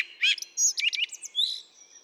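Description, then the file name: Common blackbird song: a short, slightly quieter phrase of high squeaky twitters and a thin whistle, over a faint low steady hum. "Turdus merula"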